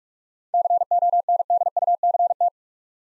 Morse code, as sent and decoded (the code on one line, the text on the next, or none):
-.-. --- -. -.. ..- -.-. -
CONDUCT